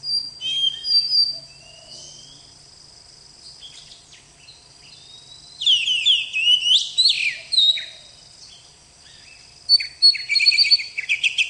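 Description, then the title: Oriental magpie-robin song in separate bursts of whistles and buzzy, sliding notes, with quieter stretches between phrases. "KACER"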